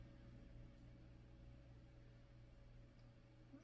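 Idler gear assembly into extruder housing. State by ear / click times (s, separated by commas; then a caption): not seated / none. An idler gear assembly for a Voron V0 3D printer extruder is oriented with its teeth toward the flat side and its hub toward the relief, lined up for pressing into the extruder housing. Only a steady low hum and broadband background noise are heard. Nothing has seated or clicked yet.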